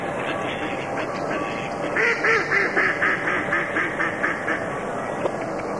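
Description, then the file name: Duck quacking in a quick series of harsh, nasal calls, about four per second, over steady background noise. "kachna"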